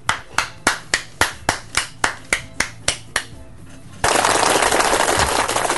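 An applause sound effect played in a broadcast: a steady run of about a dozen sharp, evenly spaced claps, then a sudden burst of dense, loud applause that continues to the end, with no talking.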